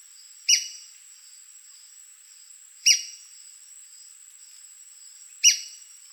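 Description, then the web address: White-crested spadebill calls: three sharp, high squeaks, each quickly falling in pitch, spaced about two and a half seconds apart, over a continuous thin whine. "White crested spadebill. پرنده-بیلچه-نوک-کاکل-سفید"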